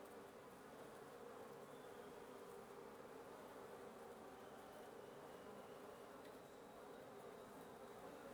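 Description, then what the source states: Wasps droning steadily as one thick, continuous hum of wingbeats, with faint high tones above it. Wasp nest under the roof of the recordist's residence at 1a Avenida Nte 19, Antigua Guatemala, Guatemala; recorded in the morning; headphone listening recommended.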